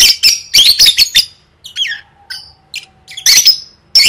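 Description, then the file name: Lovebird squawks: loud, sharp shrieks in a quick series, then softer squeaky notes and a faint steady tone before more shrill shrieks. "tieng vet mau don"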